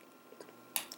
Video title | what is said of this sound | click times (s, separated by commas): Transformers Masterpiece Tracks Review | roof and get it to a point where you can bring the head up and it clicks up | 0.8 s